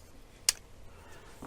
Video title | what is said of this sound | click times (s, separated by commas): The dreaded Dust Overheating your Sainsmart 4040 pro Control box | click, okay, and that is the 2 parts together. | 0.5 s